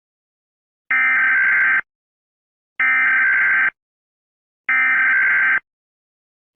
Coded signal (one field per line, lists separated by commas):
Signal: Emergency Alert System (SAME) tones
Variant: header bursts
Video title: EAS Scenario #5: The Siren Protocol